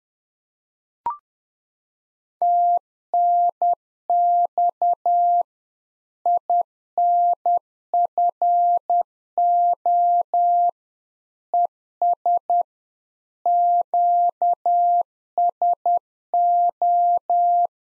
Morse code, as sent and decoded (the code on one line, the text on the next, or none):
- -. -..- / .. -. ..-. --- / . ... / --.- ... ---
TNX INFO ES QSO